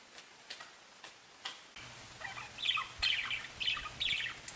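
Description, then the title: Budgerigar chirps, a few faint ticking clicks at first, then a burst of scratchy warbled notes over a low hum. "Budgie Sounds"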